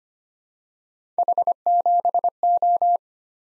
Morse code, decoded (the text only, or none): H7O